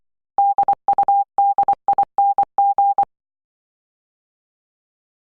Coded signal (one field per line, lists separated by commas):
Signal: Morse code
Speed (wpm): 24 wpm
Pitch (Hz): 800 Hz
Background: none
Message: DUDING